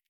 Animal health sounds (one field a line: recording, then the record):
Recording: hydrophone in a shrimp aquaculture tank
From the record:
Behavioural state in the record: feeding